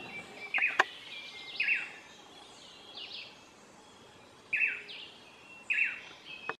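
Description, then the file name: Manakin song, short downslurred whistled notes, single or paired, repeated every second or so over background hiss with a couple of sharp clicks. "bailarin canto"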